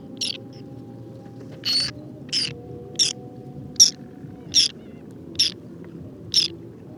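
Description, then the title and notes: Whiskered tern contact calls, short harsh rasping high-pitched notes given about once a second, over a low steady background hum. Wintering flock of over two to three hundred birds picking insects from the water surface on a shallow lake with water lilies and lotus, Cambodia, 13 December 2018, 16:30; characteristic electric contact calls. "Observation sonore - Guifettes en hivernage - Cambodge. 13 décembre 2018-16h30. lac peu profond couvert de nénuphars et de lotus. Guifettes moustac (Chlidonias hybridus). Cris électriques de contact très caractéristiques"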